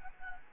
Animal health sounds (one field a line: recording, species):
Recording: mosquito wingbeat signal from an infrared sensor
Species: Anopheles gambiae